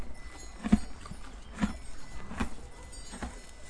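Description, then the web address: Horse hooves striking in a short run of four clear knocks, evenly spaced under a second apart, with faint background hum. Horse recorded at Alvoco. "De Alvoco 2-Cavalo 2"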